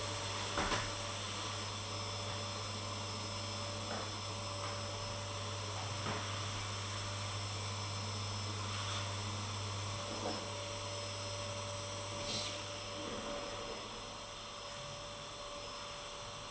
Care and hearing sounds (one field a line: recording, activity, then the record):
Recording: daily activity, microphone in the room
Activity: vacuum cleaning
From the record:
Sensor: 4